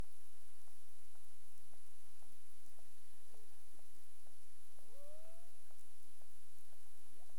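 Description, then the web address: Cetacean clicks as scattered faint ticks, with one clear upswept tonal call in the second half, all over continuous underwater background noise and a steady high electronic tone. Recorded at Bermuda on 22 April 2021 at 23:53 UTC; clicks. "CARIMAM. BERMUDE 20212204 23 h 53 clic"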